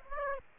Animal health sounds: mosquito wingbeat signal from an infrared sensor; Aedes aegypti

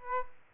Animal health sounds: mosquito wingbeat signal from an infrared sensor; Aedes albopictus

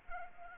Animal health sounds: mosquito wingbeat signal from an infrared sensor; Culex pipiens

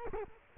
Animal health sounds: mosquito wingbeat signal from an infrared sensor; Culex quinquefasciatus

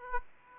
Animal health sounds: mosquito wingbeat signal from an infrared sensor; Aedes aegypti

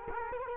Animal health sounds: mosquito wingbeat signal from an infrared sensor; Culex quinquefasciatus

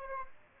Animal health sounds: mosquito wingbeat signal from an infrared sensor; Aedes aegypti

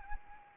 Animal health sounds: mosquito wingbeat signal from an infrared sensor; Anopheles arabiensis

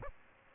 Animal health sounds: mosquito wingbeat signal from an infrared sensor; Aedes aegypti

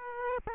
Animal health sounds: mosquito wingbeat signal from an infrared sensor; Aedes aegypti

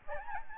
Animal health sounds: mosquito wingbeat signal from an infrared sensor; Aedes albopictus

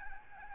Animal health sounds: mosquito wingbeat signal from an infrared sensor; Aedes albopictus

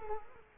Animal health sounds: mosquito wingbeat signal from an infrared sensor; Culex quinquefasciatus

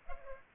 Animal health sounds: mosquito wingbeat signal from an infrared sensor; Culex pipiens

